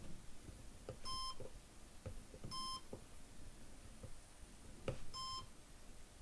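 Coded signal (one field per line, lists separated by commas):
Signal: none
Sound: a computer program's error beeps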